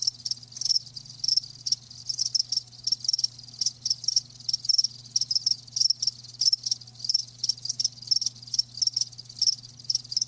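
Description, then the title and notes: Crickets chirping loudly in repeated high pulsed bursts above a constant low hum. Live crickets, offered as a lulling song to help with sleep. "Live Crickets Chirping. Enjoy the lulling song of crickets"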